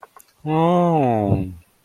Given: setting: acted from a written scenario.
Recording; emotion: vocal sound without words; adoration